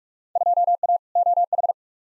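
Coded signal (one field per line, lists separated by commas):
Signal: Morse code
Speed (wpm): 42 wpm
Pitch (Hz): 700 Hz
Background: none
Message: 2A OH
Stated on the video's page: Head-copy drill of Field Day exchanges sent at 45wpm, each exchange sent twice.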